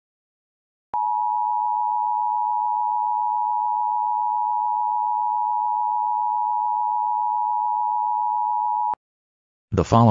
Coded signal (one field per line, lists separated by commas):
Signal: Emergency Alert System (SAME) tones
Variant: 853 and 960 Hz attention tone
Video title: If Driving Had EAS